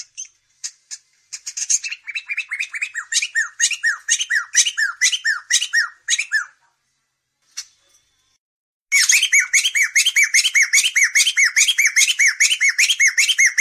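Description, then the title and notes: Cage bird song with scattered chirps building into rapid repeated squawky notes, a short pause, then a dense run of harsh, rising chirps. Masteran, a compilation of training songs for cage birds. "Kumpulan Masteran Burung"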